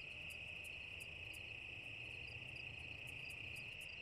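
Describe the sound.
Cicada call, a continuous shrill drone holding one high pitch, overlaid by soft pulsing ticks repeating several times a second.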